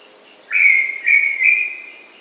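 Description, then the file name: Brown tinamou call of three clear whistled notes, the first slightly rising, each about a third to half a second long, with a constant high insect drone behind. Andean bird of South America. "Brown Tinamou (Crypturellus Obsoletus)"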